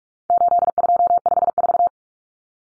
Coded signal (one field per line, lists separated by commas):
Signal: Morse code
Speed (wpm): 44 wpm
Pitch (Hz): 700 Hz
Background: none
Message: 8254